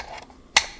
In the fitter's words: get a nice click. Hopefully you can see that.